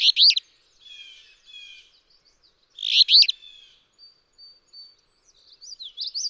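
Alder flycatcher song: two burry, buzzy phrases about three seconds apart, followed by soft whistled notes from another bird.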